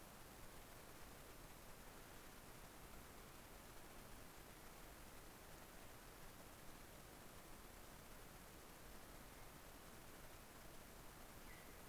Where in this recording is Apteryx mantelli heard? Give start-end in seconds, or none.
none